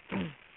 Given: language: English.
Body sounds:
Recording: throat vibration sensor signal played as sound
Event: throat clearing

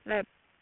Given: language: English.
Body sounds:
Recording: throat vibration sensor signal played as sound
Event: speech

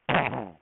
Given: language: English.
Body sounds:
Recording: throat vibration sensor signal played as sound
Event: throat clearing

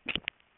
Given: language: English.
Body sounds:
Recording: throat vibration sensor signal played as sound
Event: swallow

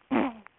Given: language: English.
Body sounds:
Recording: throat vibration sensor signal played as sound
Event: throat clearing

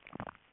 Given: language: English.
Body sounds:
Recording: throat vibration sensor signal played as sound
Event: swallow

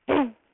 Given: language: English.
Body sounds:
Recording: throat vibration sensor signal played as sound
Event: throat clearing

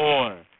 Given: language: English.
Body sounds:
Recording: throat vibration sensor signal played as sound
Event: speech

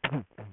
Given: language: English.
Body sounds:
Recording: throat vibration sensor signal played as sound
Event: throat clearing

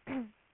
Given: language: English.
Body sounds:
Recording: throat vibration sensor signal played as sound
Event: throat clearing

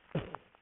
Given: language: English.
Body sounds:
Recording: throat vibration sensor signal played as sound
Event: cough

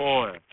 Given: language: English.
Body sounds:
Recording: throat vibration sensor signal played as sound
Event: speech

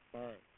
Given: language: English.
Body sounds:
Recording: throat vibration sensor signal played as sound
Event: speech

